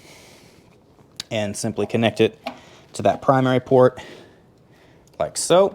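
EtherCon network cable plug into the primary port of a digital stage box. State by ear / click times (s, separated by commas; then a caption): not seated / none. An EtherCon (locking RJ45) network cable plug is handled at the primary port of a Yamaha TIO1608-D digital stage box. Someone talks while a sharp tick sounds at about 1.2 s and a faint one near 5.1 s. The plug has not yet seated or clicked into the port.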